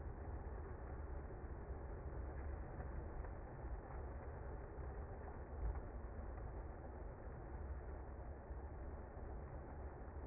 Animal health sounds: honeybee colony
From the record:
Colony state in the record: active

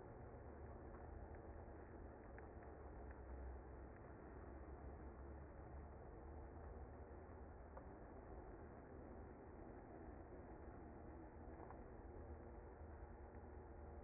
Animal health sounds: honeybee colony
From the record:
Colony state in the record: active

